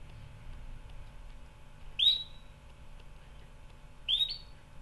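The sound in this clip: Canary calls: two brief bright upslurred whistles about two seconds apart against a low background hum.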